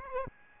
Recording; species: mosquito wingbeat signal from an infrared sensor; Aedes albopictus